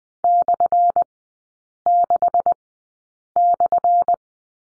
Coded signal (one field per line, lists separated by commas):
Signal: Morse code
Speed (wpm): 20 wpm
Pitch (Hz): 700 Hz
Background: none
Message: /6/